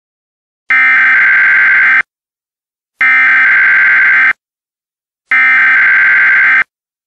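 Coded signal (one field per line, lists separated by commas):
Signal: Emergency Alert System (SAME) tones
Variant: header bursts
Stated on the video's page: Fictional EAS scenario.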